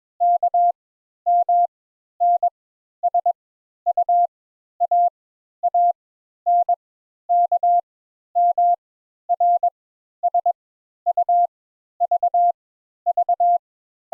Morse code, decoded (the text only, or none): K M N S U A A N K M R S U V V